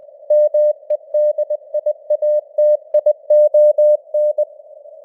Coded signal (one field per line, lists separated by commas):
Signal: Morse code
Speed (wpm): 20 wpm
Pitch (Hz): 600 Hz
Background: none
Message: MEDIATION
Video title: Morse Code News | 2025-12-09 | 20wpm